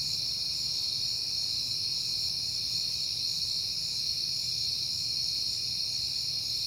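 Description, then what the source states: Cricket trilling, a dense ringing high sound that runs without a break, with a low hum beneath. Recorded at night in September on a peaceful night.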